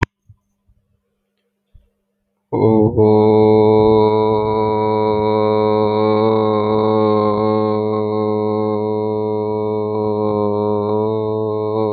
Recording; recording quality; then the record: sustained vowel as in boot; excellent, no background noise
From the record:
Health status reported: healthy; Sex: male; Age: 18 years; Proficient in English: yes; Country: India